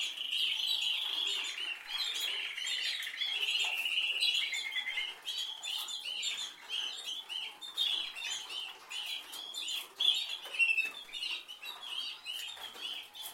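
Canary song, a continuous stream of quick chirps and rolling trills.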